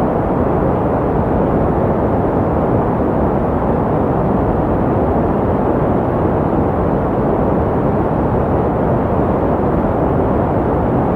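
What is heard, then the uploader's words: A white noise sound effect plays as an unbroken, even wash of rushing sound for the full eleven seconds. It leans heavily toward the low end, with a deep rumble and muffled top, much like an engine or aircraft cabin drone. Nothing else interrupts. White Noise Sound Effect.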